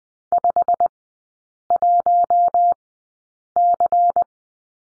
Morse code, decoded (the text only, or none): 51C